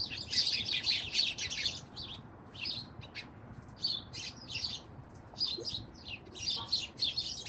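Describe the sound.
Bird calls: quick high twittering chirps in clustered bursts separated by short gaps.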